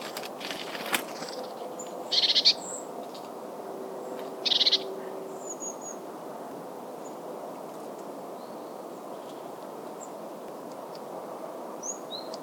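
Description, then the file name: Eurasian blue tit calls: two brief bursts of high, rapid notes a couple of seconds apart, with faint scattered high chirps afterwards and a constant low background hum. "Cyanistes caeruleus"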